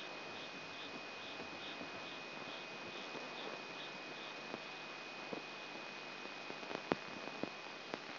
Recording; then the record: brain microelectrode recording played as sound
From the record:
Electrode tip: outside the subthalamic nucleus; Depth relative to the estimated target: 4 mm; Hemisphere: left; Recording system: AlphaMap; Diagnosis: Parkinson's disease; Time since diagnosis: 9 years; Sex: male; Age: 58 years